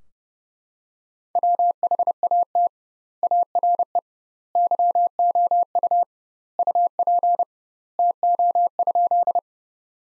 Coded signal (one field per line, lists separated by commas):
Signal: Morse code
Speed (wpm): 30 wpm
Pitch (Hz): 700 Hz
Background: none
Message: WHAT ARE YOU UP TO?